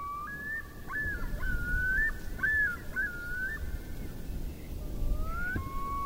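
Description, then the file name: Common loon giving a long quavering, wavering whistled call, then a short rising note and a final level note, with low background rumble. Recorded in winter. "Natures Challenge Loon"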